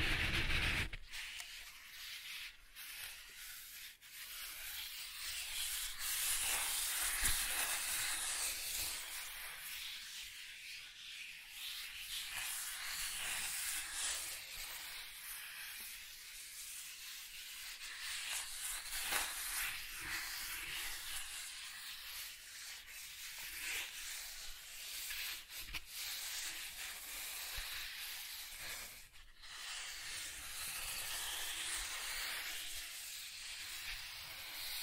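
Soft tracing across surfaces makes a steady, airy rubbing that fills the upper range for the whole half-minute. The strokes swell and ease in slow waves every few seconds, with brief scratchy accents, and a quick tap-like break near thirty seconds.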